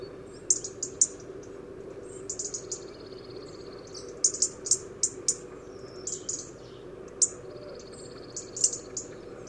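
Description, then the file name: European robin calls: sharp, very high ticking notes in loose clusters throughout, with a steady low rumble underneath. "Erithacus rubecula"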